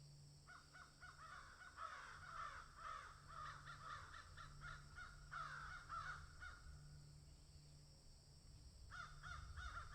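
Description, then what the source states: Crows giving a long run of harsh, overlapping caws, with a low steady hum underneath, then another burst near the end. Several crows cawing in a field.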